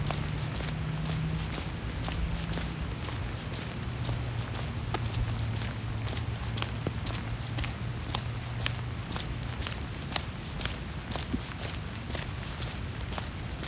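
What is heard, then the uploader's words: Rain falls steadily on a street and tree leaves, a dense, even patter filling the whole recording. Sharp, irregular taps and drips cut through, with footsteps on the sidewalk, while a low hum drifts underneath, briefly rising near the start. Walking the dog in the rain in Phoenix Arizona. This morning was particularly wet as the dog and I went out for her morning stroll around the neighborhood. The rain was pretty loud in the street and landing on the leaves of trees. The repetitive sounds of us walking on the side-walks in our neighborhood in Central Phoenix.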